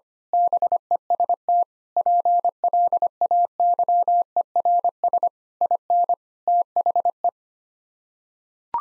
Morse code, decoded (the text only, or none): BEST PLAYERS IN THE